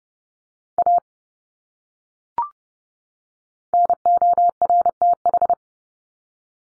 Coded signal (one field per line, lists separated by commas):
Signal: Morse code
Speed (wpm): 30 wpm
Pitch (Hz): 700 Hz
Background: none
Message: A NORTH